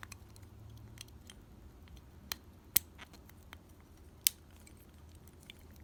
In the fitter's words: and it does it snaps right in